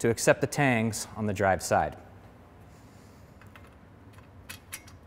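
Someone talks, then handles the keyed five-millimeter-head bolts of a bicycle eccentric bottom bracket, lining them up with the metal tangs on the drive side of the shell. Faint metallic ticks and taps come at about 3.6, 4.5 and 4.7 seconds over a quiet background. Nothing has snapped into place or seated yet.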